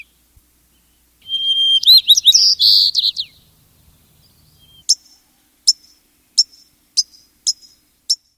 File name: wht crown